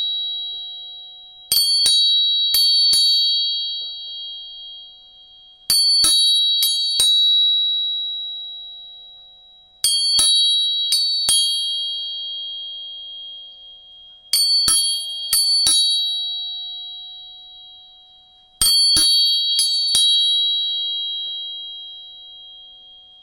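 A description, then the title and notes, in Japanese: Tuning forks are struck in repeated groups of three quick taps, about every four seconds. Each strike gives a sharp metallic click followed by clear, steady high tones that ring on and fade slowly before the next group, with a faint lower hum underneath. 音叉チューニング3本。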